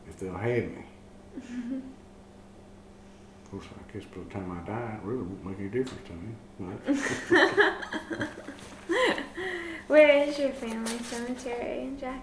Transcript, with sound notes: If they’ll have me. Of course I guess by the time I die, it really won’t make a difference to me, right? [laughter]
Where is your family cemetery in Jackson?